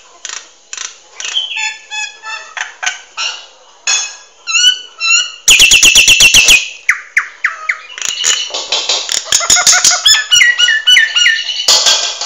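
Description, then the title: Nias hill myna in loud, varied song of rich whistled phrases and slurred notes, broken by a rapid series of harsh clicks, then dense, chattering whistles. Very loud song, used as a model for training other songbirds. "Burung Jalak Nias Gacor Suara Super Gledek Untuk Masteran"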